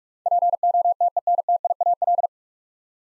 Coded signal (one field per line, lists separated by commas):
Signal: Morse code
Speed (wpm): 44 wpm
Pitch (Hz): 700 Hz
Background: none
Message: POTENTIAL